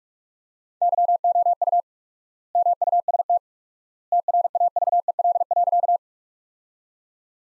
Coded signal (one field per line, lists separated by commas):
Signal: Morse code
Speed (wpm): 46 wpm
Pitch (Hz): 700 Hz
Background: none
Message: YOU MUST TRAVEL.